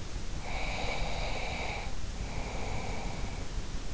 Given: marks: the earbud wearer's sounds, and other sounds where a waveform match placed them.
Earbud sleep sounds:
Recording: sounds in sleep by an in-ear microphone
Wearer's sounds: breath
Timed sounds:
0.24-3.68 s: breath

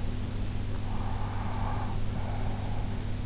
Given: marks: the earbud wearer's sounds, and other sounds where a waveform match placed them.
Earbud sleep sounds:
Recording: sounds in sleep by an in-ear microphone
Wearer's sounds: breath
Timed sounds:
0.61-3.19 s: breath

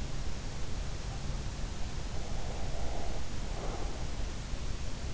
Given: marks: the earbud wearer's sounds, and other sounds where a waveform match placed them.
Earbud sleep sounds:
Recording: sounds in sleep by an in-ear microphone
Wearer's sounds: breath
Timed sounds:
2.20-4.06 s: breath

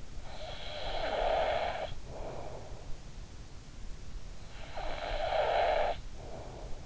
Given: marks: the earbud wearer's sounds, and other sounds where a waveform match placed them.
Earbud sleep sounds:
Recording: sounds in sleep by an in-ear microphone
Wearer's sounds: snoring breath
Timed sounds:
0.20-2.97 s: snoring breath
4.55-6.86 s: snoring breath

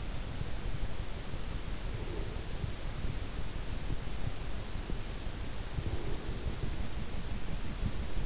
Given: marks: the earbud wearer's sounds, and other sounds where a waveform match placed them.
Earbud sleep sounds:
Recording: sounds in sleep by an in-ear microphone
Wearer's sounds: breath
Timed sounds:
1.97-2.99 s: breath
5.77-6.85 s: breath

